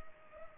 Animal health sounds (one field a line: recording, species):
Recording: mosquito wingbeat signal from an infrared sensor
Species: Culex pipiens